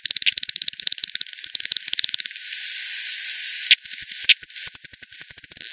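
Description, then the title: Bat clicks in quick rhythmic bursts, broken by a stretch of steady hiss, then resuming as evenly spaced, sharp ticks. Multiple bats at Hogsmill River, Hogsmill Lane, 7 October 2020 at 18:10; recording frequency-divided (FD10), band-pass filtered and resampled. "WW bat 20201007 T 18 : 10 Z-Hogsmill-Lane-Hogsmill-River-multiple-bats"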